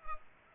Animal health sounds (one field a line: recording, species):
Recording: mosquito wingbeat signal from an infrared sensor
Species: Culex pipiens